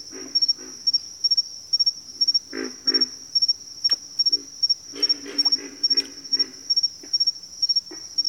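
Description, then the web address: Pig frog grunts, low and rasping, arriving in pairs and small groups, with a few sharp clicks and a persistent high cricket chirping throughout. "Sleep Sounds of Nature. Pig Frogs"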